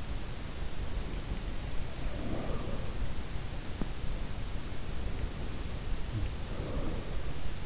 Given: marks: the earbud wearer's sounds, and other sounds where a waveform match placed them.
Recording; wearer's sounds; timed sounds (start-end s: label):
sounds in sleep by an in-ear microphone; breath
1.08-4.17 s: breath
1.87-2.54 s: sound from someone else or the room
4.63-7.65 s: breath
5.93-7.05 s: sound from someone else or the room